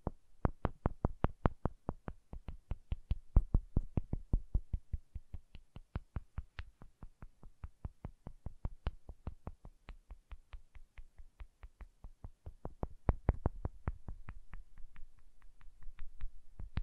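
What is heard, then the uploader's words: Wooden triggers click in a fast, steady stream, roughly three to four crisp snaps per second for the whole stretch. Each click is sharp and short with a dull knocking body underneath, and a few around the middle and near thirteen seconds land harder. ASMR Calming Wood Triggers for Sleep (No Talking).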